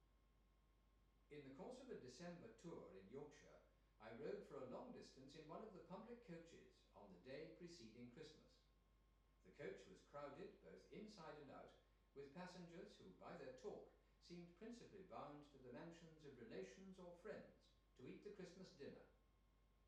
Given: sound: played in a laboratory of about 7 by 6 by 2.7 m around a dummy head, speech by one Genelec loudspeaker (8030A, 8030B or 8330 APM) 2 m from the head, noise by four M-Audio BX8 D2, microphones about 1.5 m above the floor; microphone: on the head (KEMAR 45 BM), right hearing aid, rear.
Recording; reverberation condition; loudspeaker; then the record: male speech in English; medium; 30 degrees to the left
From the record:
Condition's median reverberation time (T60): about 510 ms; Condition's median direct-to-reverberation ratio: about -0.5 dB